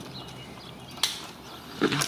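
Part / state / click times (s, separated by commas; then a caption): wiring connector on front airbag impact sensor / released / 1.0 s. On a 2007–2011 Ford Edge / Lincoln MKX, the lock tab on the plastic wiring connector of the front airbag impact sensor is pressed down. It releases with a sharp click at 1.0 s. A rustling clatter follows near 1.8–1.9 s as the connector is pulled off and comes free.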